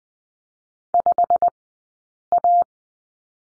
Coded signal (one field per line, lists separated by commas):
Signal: Morse code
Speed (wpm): 20 wpm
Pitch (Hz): 690 Hz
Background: none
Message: 5A